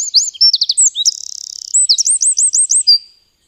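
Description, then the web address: Eurasian wren song: a loud, rapid run of high notes, sharp trills and a long buzzy rattle, ending in a quick series of rising looped notes, about three seconds. "agykontroll Madardalok Cd 1. Ökörszem"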